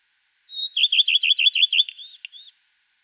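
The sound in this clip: Common redstart verse: a high thin lead note followed by several rhythmic repeated phrases and a closing pair of sharp, squeaky upswept notes.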